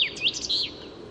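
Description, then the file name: Common chaffinch: a few quick slurred high notes in a brief phrase, with faint steady background noise. "Fringilla coelebs"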